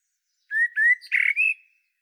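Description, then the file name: Common blackbird giving one brief song phrase of rich, slightly rising whistled notes, broken by a burry note and ending in a clear held whistle. "Turdus merula"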